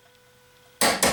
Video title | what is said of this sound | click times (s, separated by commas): Makita XWT02 Brushless 18V LXT 1/2" Impact Wrench - DTW281 / XWT02Z / XWT02M | okay that's on 129 ft-lbs now let's verify the torque again so leaning down on this you'll hear a click | 0.8 s